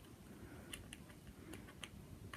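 A cutting wheel is handled on the EZ Lock mandrel of a Dremel 4000 rotary tool, with the collar pulled down and the wheel inserted and twisted. Faint low rumble runs under light ticks at 0.7, 0.9 and 1.8 s, and a sharper, louder tick comes right at the end at 2.4 s. The wheel has not yet snapped into place; nothing has seated.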